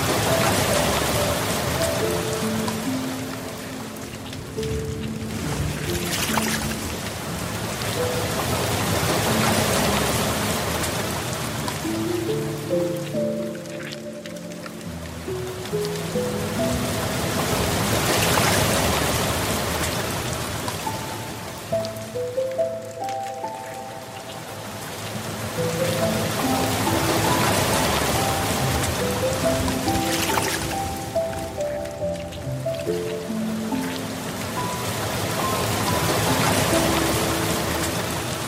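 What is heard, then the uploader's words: A soft, steady water stream rushes and swells, while gentle piano notes step through the middle range, most clearly in the quieter dips. Relaxing Piano Music and the serene sounds of a Soft Water Stream. Calming piano melodies and tranquil water sounds combine.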